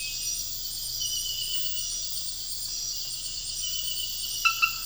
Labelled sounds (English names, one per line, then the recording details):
none
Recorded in dense forest near Puerto Asís, Putumayo, Colombia, on 13 March 2025 at 02:30
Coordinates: 0.484, -76.325
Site G045